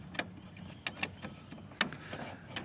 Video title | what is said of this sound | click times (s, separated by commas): Brother MFC L6700dw, L5700dw,L5755dw, L6900dw, L5100dw,L5200dw Fuser Unit Advanced Repair Part 2 | there we go you'll hear that little click sound when it's in the right position | 1.8 s